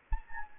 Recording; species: mosquito wingbeat signal from an infrared sensor; Anopheles gambiae